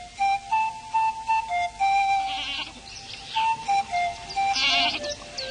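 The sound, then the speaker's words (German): Several goats, driven along across a field by a girl, bleat in quick, overlapping calls, their wavering nasal cries rising and falling against a faint outdoor hiss, with a thin whistle-like tone running through. “Unterwegs begegnete uns eine rotbackige Maid, die ein paar Ziegen vor sich hertrieb.”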